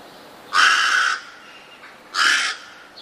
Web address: wroblowe ptaki gawron